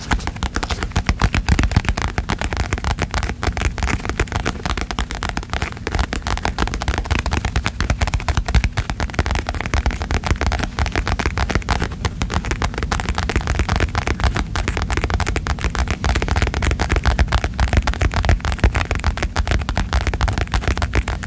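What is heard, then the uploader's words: Aggressive tapping in a rapid, dense, unbroken stream of sharp hits, steady in loudness throughout, with a low thudding body beneath the clicks. Asmr Aggressive Tapping With a Calm Voice. Tapping, Calming Triggers.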